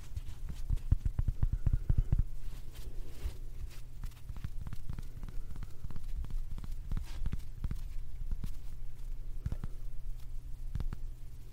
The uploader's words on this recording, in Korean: ASMR 클리오 퍼프 , 파우치 소리 가득.